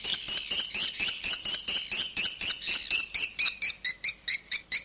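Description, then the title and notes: Swiftlet calls in a flowing high chatter that settles into a series of short, repeated chirps. Swiftlet sound used in swiftlet farming in Asia. "Swiflet Bird Sound. Farming Swiflet Bird asia sound"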